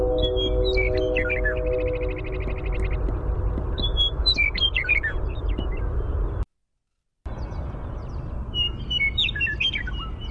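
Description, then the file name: Western meadowlark song: rapid series of repeated high notes and sharp chirped phrases over a steady low rumble, with a brief silent break partway through. Primary song. "WEME-Primary Song"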